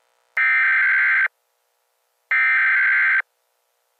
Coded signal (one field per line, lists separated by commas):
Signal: Emergency Alert System (SAME) tones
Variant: header bursts